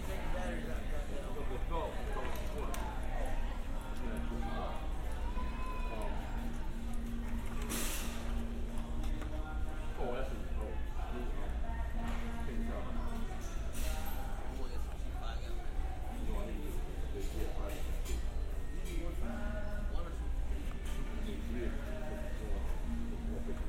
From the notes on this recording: A binaural field recording of shopping at a hardware store in New Rochelle.